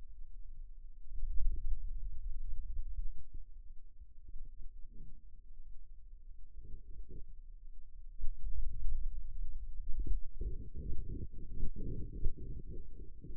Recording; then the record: forearm muscle sounds (acoustic myography)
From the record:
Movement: hand opening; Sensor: system 2, bracelet of six BSWA MPA416 microphones around the upper forearm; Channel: 6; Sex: male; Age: 22 years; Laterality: right